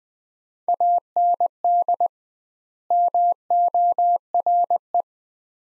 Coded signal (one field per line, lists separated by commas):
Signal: Morse code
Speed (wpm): 20 wpm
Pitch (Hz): 700 Hz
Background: none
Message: AND MORE